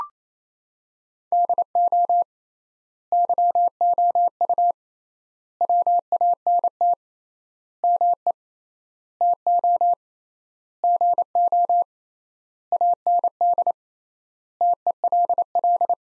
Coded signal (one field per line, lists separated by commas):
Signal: Morse code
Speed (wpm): 28 wpm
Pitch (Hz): 700 Hz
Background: none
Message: DO YOU WANT ME TO GO AND TELL